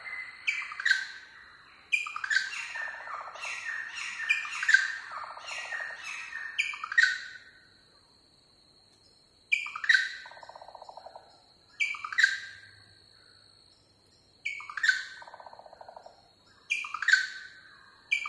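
Birds call: bright, sharp chirps and squawks with buzzy, rasping lower notes. A dense run of calls fills the first seven seconds, then shorter bursts return every two to three seconds, separated by near silence.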